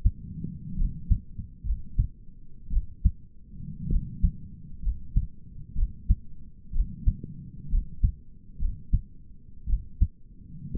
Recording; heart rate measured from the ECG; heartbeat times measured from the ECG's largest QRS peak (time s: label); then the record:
heart sounds by stethoscope; 60 bpm
0.78 s: heartbeat
1.66 s: heartbeat
2.71 s: heartbeat
3.90 s: heartbeat
4.84 s: heartbeat
5.76 s: heartbeat
6.74 s: heartbeat
7.71 s: heartbeat
8.60 s: heartbeat
9.68 s: heartbeat
10.75 s: heartbeat
From the record:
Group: healthy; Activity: rest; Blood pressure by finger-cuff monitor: 120/69 mmHg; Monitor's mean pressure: 85 mmHg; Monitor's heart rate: 61 bpm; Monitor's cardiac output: 5.8 L/min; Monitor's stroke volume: 94 mL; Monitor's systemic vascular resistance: 1050 dyn s/cm5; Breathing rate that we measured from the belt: 18 breaths a minute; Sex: male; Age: 22 years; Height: 181 cm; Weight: 79 kg